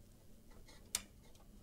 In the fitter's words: that's it and they've both clicked into place